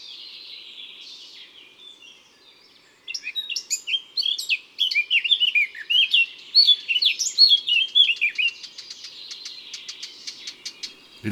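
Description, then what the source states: Eurasian blackcap song: a soft scratchy warble at first, then a rich, fast sequence of varied whistled and chattering notes for about eight seconds. Song has a quiet, grating preamble that turns into a clear, lively whistled warble, often with a loud finale; a shy bird of bushes.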